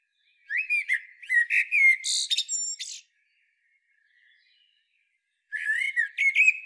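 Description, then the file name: Common blackbird delivering a long phrase of fluted notes and shrill high twitters, then silence, then another phrase starting. "Turdus merula"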